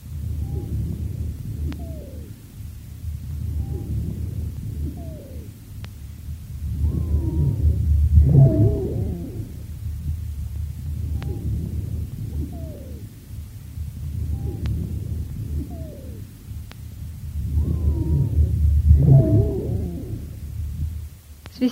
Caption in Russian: Свистящие хрипы у больной, страдающей хроническим обструктивным бронхитом. Свистящие хрипы усиливаются во время резкого выдоха. При форсированном выдохе. Свистящие хрипы свидетельствуют о бронхообструктивном синдроме.